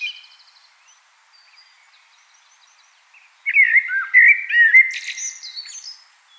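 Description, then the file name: Common blackbird song: faint high notes at first, then a loud, mellow fluted phrase that ends in squeaky high twitters. "Turdus merula"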